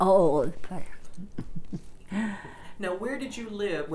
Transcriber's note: she laughs